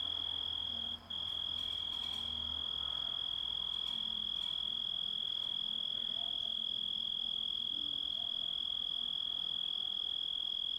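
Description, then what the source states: Grasshopper stridulation, a sustained shrill even tone with one brief gap early on, accompanied by faint low humming in the background. Composite of grasshopper sounds.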